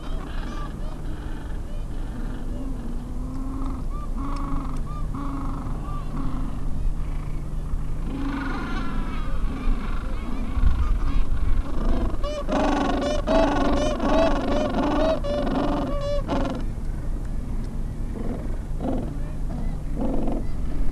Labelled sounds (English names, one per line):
Gentoo Penguin